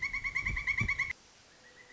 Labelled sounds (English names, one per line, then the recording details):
Pileated Woodpecker
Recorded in Sonoma County, California